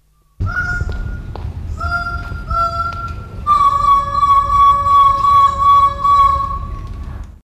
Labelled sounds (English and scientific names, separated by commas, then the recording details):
Greater Bird-of-paradise (Paradisaea apoda) call
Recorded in captivity
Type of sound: call
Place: Wilhelma Stuttgart, Baden-Württemberg, DE
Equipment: Halbspur, 9,5 cm/s
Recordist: Lütgens, Hans
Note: Rufe